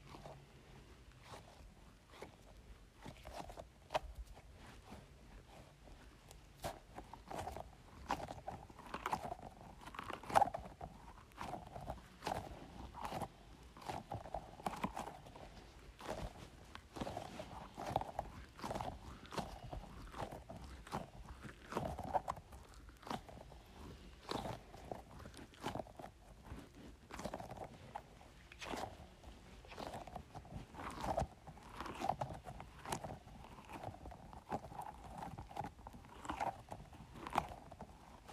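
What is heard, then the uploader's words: A squishy ball is squeezed over and over, giving soft squelching, rubbery squeaks with a muffled midrange tone. The squeezes come steadily and fairly densely across the whole clip, each a short burst, with quiet pauses between and no other sounds. Squeezing Squishy Ball.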